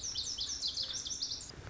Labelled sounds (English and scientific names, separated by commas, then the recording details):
Lazuli Bunting (Passerina amoena)
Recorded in Sonoma County, California